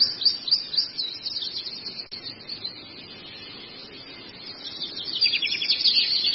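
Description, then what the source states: Long-tailed shrike singing a quick, chattering run of high, buzzy twitters. The notes surge at the start and again at the end, with a softer stretch between. Long-tailed shrike song presented as a masteran, a tutor recording for training birds.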